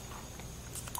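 A tool-less plastic mounting rail for a Zalman Z3 Plus case is snapped onto the side of a 3.5-inch hard drive over a steady low background hum. Faint plastic taps come at 0.8 and 0.9 seconds, then a sharp click at 1.0 second as the rail snaps into place and is seated.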